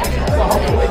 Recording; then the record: background sound without coughing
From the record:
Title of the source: Nightlife Party Simulating Party Club Noise 1 Hour